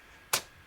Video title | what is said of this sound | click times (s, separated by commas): Mobile Pixel - Duex Max - Unboxing and Initial Review | And at the end, it kind of clicks into place, and then you can rotate it | 0.3 s